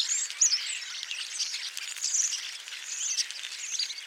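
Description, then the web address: European starling flock giving a dense, continuous chatter of high squeaks, whistles and scratchy notes without pause. Flock of calling starlings, recorded in June 2021. "2021 06 european starling flock calls by rob van bemmelen"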